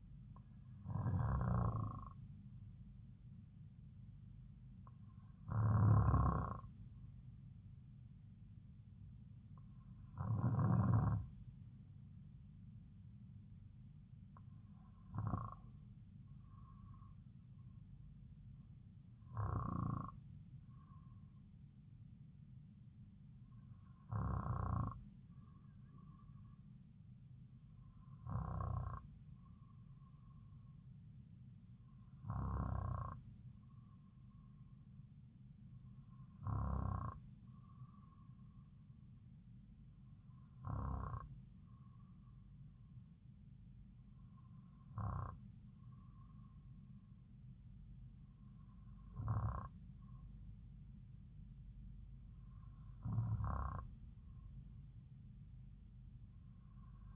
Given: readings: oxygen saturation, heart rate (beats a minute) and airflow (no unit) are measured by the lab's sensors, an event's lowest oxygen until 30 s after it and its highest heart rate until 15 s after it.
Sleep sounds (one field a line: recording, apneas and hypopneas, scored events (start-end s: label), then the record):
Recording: breathing in sleep by a smartphone at the bedside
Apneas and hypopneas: none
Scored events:
none scored
From the record:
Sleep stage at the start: N2 (light sleep)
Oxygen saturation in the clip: 93 to 94%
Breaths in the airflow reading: 13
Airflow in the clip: -3.7 to 3.9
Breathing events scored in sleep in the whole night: 270 in 6.1 hours asleep